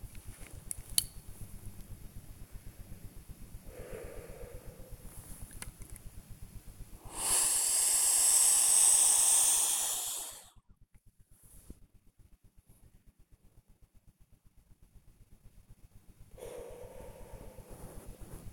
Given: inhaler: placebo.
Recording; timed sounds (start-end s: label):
one use of a dry powder inhaler by a smartwatch
0.25-1.36 s: inhaler activation
3.58-5.22 s: exhalation
6.89-10.70 s: inhalation
16.26-18.30 s: exhalation